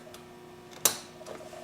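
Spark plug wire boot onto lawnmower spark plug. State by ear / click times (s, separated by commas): seated / 0.9 s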